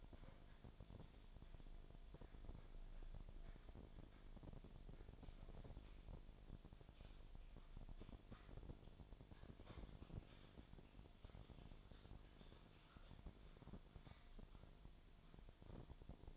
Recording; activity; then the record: daily activity, microphone in the room; typing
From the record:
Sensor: 5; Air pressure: 1009.6 hPa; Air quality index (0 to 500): 168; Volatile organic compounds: 4 ppm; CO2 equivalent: 1629 ppm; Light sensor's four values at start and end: 105/276/113/121 and 104/275/112/120